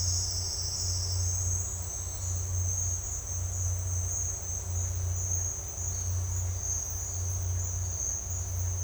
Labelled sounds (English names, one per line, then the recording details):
none
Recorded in dense forest near Puerto Asís, Putumayo, Colombia, on 8 March 2025 at 12:30
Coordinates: 0.468, -76.322
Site GP01